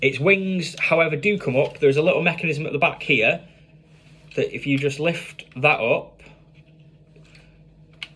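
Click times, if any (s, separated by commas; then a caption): 8.0 s. Someone talks while lifting the small rear mechanism on a plastic brick-built Lego Star Wars 75154 TIE Striker model spacecraft so its wings swing up. After a few faint handling ticks, a sharp plastic click at 8.0 s marks the wing mechanism locking into place.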